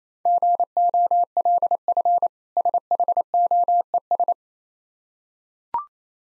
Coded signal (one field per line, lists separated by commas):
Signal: Morse code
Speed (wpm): 28 wpm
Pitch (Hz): 700 Hz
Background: none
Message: GOLF SHOES